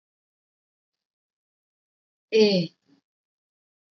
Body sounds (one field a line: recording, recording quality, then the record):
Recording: sustained vowel as in made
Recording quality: excellent, no background noise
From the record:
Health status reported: healthy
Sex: female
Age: 18 years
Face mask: not worn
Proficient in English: yes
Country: India